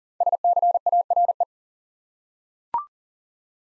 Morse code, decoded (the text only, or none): SCARE